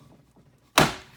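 A decorative plastic trim panel on a 2012–2014 Honda CR-V is pressed firmly back into the tailgate so its clips snap in one by one. After a quiet low background, a single sharp, loud thunk lands at 0.8 s and fades over about a quarter second. The clip seats.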